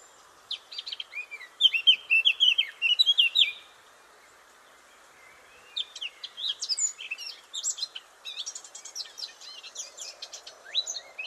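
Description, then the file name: Eurasian blackcap singing quick, varied warbles, with a loud fluty run near the start, a short gap, then softer scratchy twittering phrases over faint background hiss. "Sylvia atricapilla"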